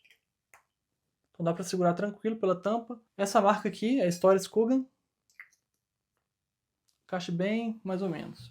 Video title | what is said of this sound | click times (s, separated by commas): Descobrindo a Perfumaria Sueca com STORA SKUGGAN 🇸🇪 | La diferencia con la tapa de Nasomatto es que esta tapa hace clic, | 0.5 s